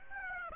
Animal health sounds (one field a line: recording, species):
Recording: mosquito wingbeat signal from an infrared sensor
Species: Aedes aegypti